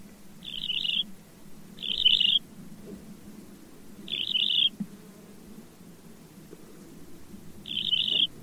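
Bird calls: four short, harsh, buzzy notes, each about half a second long, spaced irregularly over eight seconds, over a steady low hum.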